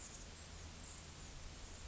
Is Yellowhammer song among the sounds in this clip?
no